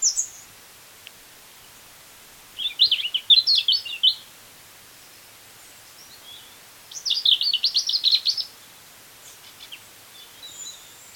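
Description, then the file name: European robin song: two long, rapid phrases of high tinkling, trilled notes separated by a pause, with soft thin whistles afterwards. "Erithacus rubecula"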